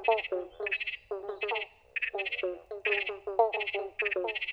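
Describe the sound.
Pobblebonk frogs calling in chorus, short plucked notes overlapping with higher buzzy bursts, several calls each second with only one brief lull.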